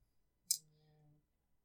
That is a kitten snore. That's a powerful snore.